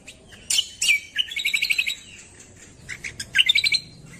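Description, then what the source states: Streaked Spiderhunter song: sharp high chips followed by quick trilled runs of bright, even notes, a pause, then another fast ringing series near the end. Clear, long, active song (gacor); tutoring recording (masteran) for birds.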